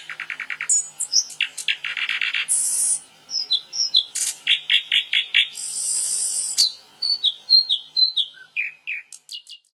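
Bird song: a varied, high-pitched sequence of rapid trills, buzzy bursts and clear whistled notes, ending in descending chirps.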